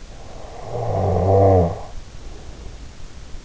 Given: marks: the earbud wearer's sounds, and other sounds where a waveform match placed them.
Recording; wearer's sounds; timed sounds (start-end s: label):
sounds in sleep by an in-ear microphone; snoring breath
0.00-3.11 s: snoring breath